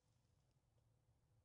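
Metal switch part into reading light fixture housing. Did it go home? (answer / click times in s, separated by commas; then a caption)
no / none. A metal switch part is handled at the rear reading light fixture housing of a Fisker Ocean as it is about to be popped back in. Only a low, steady hum and faint soft handling noise are heard, with no sharp sounds. Nothing has seated or clicked yet.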